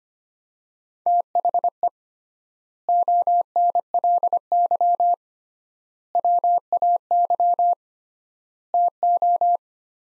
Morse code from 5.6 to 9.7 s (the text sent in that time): WAY TO